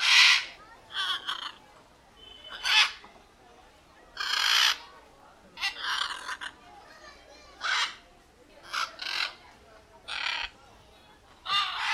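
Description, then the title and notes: Macaws giving many short, rasping screeches, spaced irregularly over a faint steady hiss. More than one macaw. "Guacamayas"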